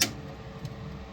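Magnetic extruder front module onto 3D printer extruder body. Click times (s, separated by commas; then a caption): 0.0 s. The magnetic front module of a 3D printer extruder is pressed back onto its mount on the extruder body and snaps into place with a sharp, bright click at 0.0 s. A low, steady hum follows for the rest of the clip, with a faint soft tap around 0.7 s. The module is seated.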